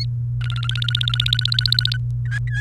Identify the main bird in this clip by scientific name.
Serinus canaria